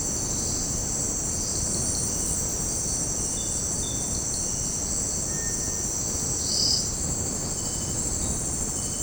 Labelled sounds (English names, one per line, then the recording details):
none
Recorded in secondary vegetation near Puerto Asís, Putumayo, Colombia, on 9 March 2025 at 18:00
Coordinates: 0.481, -76.318
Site G097